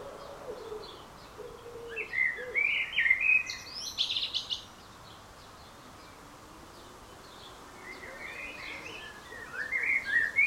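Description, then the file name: Common blackbird singing mellow warbled phrases followed by a high twittering flourish, then a quiet gap before more phrases; low soft cooing from another bird at the start. "Turdus merula"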